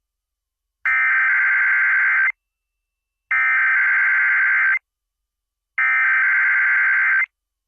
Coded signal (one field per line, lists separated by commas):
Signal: Emergency Alert System (SAME) tones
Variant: header bursts